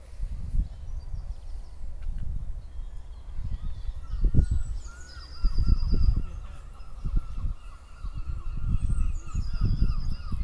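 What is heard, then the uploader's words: Outdoor sound in a park, with gusty low rumbling, like wind buffeting, rising and falling throughout. Faint bird chirps and thin high calls come through intermittently, and honking waterfowl seem to call now and then in the background. Sounds from Queens Park Brighton.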